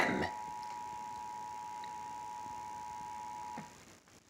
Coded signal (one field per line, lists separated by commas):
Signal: Emergency Alert System (SAME) tones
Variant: 853 and 960 Hz attention tone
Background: speech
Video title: September 2017 Texas EAS Required Monthly Test (caught from 3 stations)